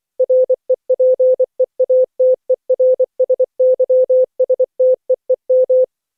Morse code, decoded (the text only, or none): REPEATERSYSTEEM